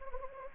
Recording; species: mosquito wingbeat signal from an infrared sensor; Anopheles gambiae